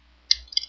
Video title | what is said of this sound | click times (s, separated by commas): Video Review - Transformers RID Megatron Megabolt | which we're going which should snap in a pa place comfortably | 0.3 s